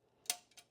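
The lid of an antique brass National Cash Register Model 317 is shut, and a sharp click rings out at 0.3 s as its lid-operated counter pin advances the counter by one digit. Two fainter clicks follow near 0.5 s and 0.6 s. The lid is closed and the counter has stepped up.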